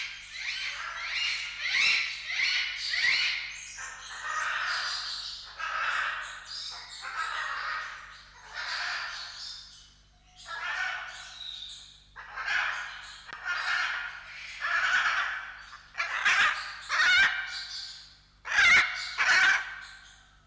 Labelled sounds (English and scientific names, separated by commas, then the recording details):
Hyacinth Macaw (Anodorhynchus hyacinthinus) call
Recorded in captivity
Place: Zoo Berlin, Berlin, DE
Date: 1995-03-04 10:43
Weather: heiter bis wolkig, 1 - 5°C
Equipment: Marantz CP 130, Sennheiser ME 80, Kopie Uher Variocord 263
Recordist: Tembrock, Günter